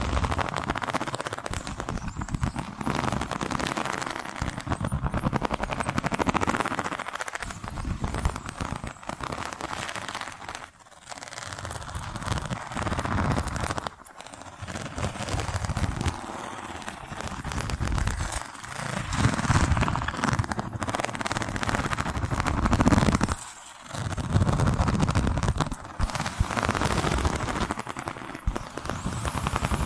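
Tapping and scratching sounds run almost without pause, a dense, rough mix of quick scrapes and crackly taps. The texture stays busy and fairly even, with brief drops in loudness around 11, 14 and 23 seconds before the scratching resumes.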